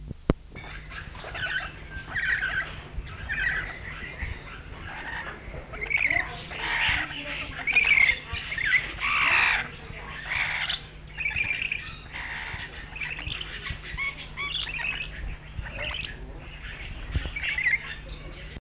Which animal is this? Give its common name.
Scaly-breasted Lorikeet